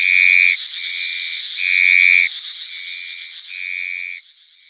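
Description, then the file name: Surinam horned frog, five buzzy nasal notes, each well under a second, alternating louder and softer. "Ceratophrys cornuta"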